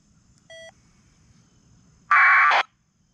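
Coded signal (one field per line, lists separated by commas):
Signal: packet radio (AX.25, as in APRS)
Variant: 1200 baud AFSK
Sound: a brief steady beep, then a half-second harsh buzzing data burst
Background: faint low hum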